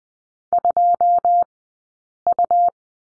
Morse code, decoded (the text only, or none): 2U